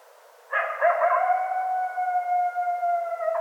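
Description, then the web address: Coyote howl: a sudden onset of quavering yips settling into one long, level, slightly descending tone lasting nearly three seconds before breaking off. Several coyotes recorded on 25 January 2013. "sounds mammals Coyote 2013 01 25 Coyotes 01"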